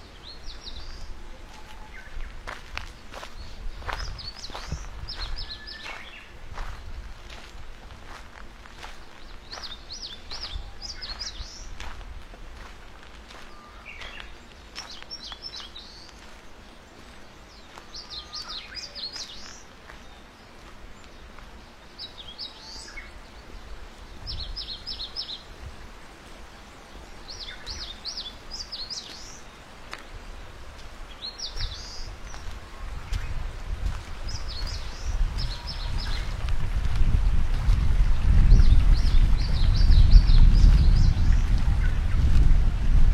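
Walking along a forest path, birds chirp in short bright bursts every few seconds throughout, over a soft steady hiss. Faint clicks and steps sound in the first half, and a low wind rumble swells from about 33 seconds, growing loud toward the end.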